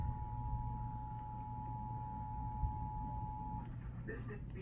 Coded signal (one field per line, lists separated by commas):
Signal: Emergency Alert System (SAME) tones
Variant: 853 and 960 Hz attention tone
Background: speech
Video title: eas svr #151